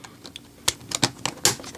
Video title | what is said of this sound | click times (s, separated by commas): Samsung Galaxy S5 8500mAh Extended Battery - Zerolemon | You heard those clicks? Clicked right into place. | 0.7 s, 1.0 s, 1.5 s